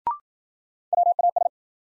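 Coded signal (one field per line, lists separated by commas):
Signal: Morse code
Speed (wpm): 53 wpm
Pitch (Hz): 700 Hz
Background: none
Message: WAS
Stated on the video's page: Morse new-word head-copy drill at 55 wpm, built on sentences from the top 100 words; each word is sent, spoken, then sent again.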